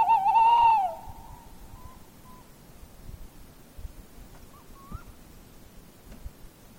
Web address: linnut lehtopollo